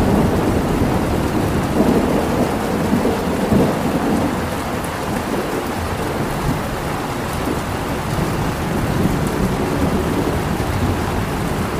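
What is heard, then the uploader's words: A heavy rainstorm pours down steadily, a thick, even rush that never lets up across the twelve seconds. Deep rumbling thunder rolls underneath, strongest in the first few seconds and easing after about four, with low churning water beneath it all. Thunder & Rainstorm with River Water Sounds.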